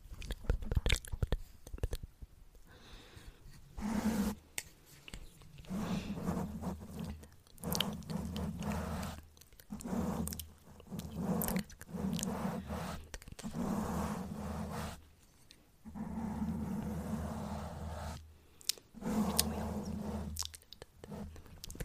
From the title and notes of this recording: There are quite a bit of mouth sounds, and I also added in random triggers I’ve been wanting to try out.